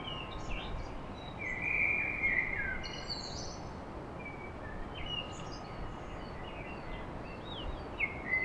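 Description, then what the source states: Common blackbird song: a fluty warbled phrase with a few thin high notes around it, over a steady roar of background noise and a faint constant hum. Blackbird song at dawn in Paris.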